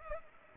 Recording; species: mosquito wingbeat signal from an infrared sensor; Culex pipiens